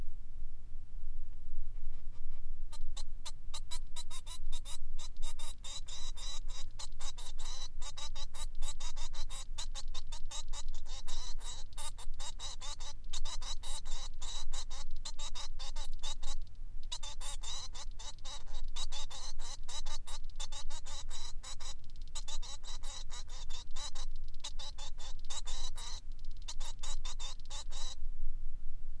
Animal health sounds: song of a male Bengalese finch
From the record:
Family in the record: son of father 3

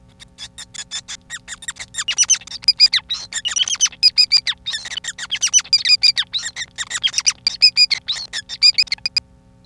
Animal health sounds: song of a male Bengalese finch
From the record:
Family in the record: son of father 5

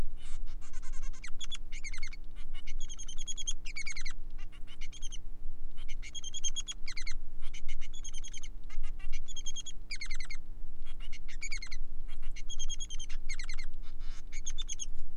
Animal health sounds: song of a male Bengalese finch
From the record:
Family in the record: son of father 3

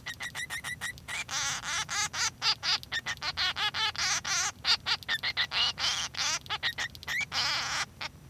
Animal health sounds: song of a male Bengalese finch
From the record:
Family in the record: son of father 3

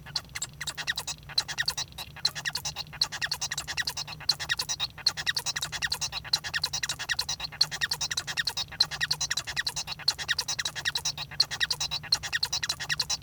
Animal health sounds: song of a male Bengalese finch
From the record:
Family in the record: son of father 1

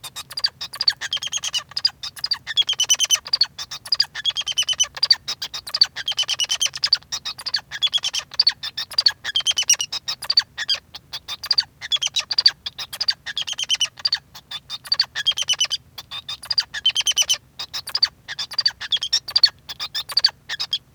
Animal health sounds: song of a male Bengalese finch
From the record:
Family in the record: son of father 2

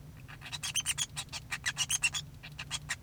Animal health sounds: song of a male Bengalese finch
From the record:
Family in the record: son of father 2

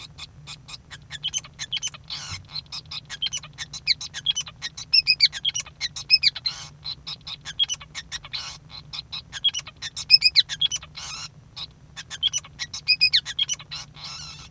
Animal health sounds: song of a male Bengalese finch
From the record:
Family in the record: son of father 5

